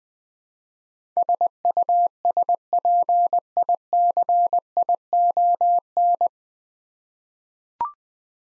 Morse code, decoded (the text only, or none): SUSPICION